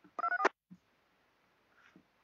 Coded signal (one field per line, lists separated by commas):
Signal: DTMF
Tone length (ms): 80 ms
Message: 234